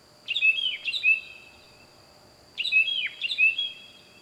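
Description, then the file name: Bird calls, two bursts of bright chirping phrases with sliding whistled notes, the pair repeated after a pause, over a steady high hum and low background noise. Loud bird calling at night, wild. "Loud Night Bird Animals Wild"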